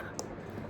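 A magnetic snap clasp on the flap of a Mirragio Sabrina handbag is closed and shuts with a single sharp click at 0.2 s, bright in the high frequencies, against a steady low background. The snap seats shut.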